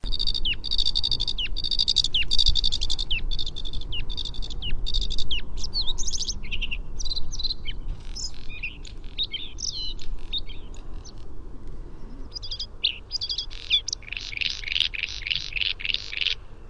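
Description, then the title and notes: Bluethroat song: a fast, varied run of high ticking and clicking notes, mixed with short whistles and trilled phrases, over a steady low background rumble. "Lyden av Blåstrupe by forskningno"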